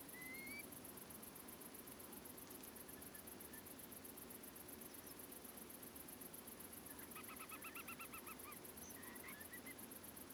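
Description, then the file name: Whimbrel giving a fast series of several rapid harsh notes, after a thin rising high call at the start, over steady background hiss. Screechy calls recorded at Portland; file labelled 250816, 23:52. "Whimbrel screechy calls with Tree Pipit Portland"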